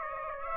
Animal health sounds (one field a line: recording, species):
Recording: mosquito wingbeat signal from an infrared sensor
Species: Aedes aegypti